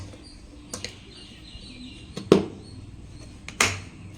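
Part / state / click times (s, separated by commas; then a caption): lid latches on a plastic ice cream container / seated / 2.3 s, 3.6 s. The lid of a plastic ice cream container (or mould) is pressed down and its latches are snapped closed before it goes into the freezer. Sharp snaps are heard at 2.3 s and 3.6 s, each with smaller taps just before, and the latches lock shut.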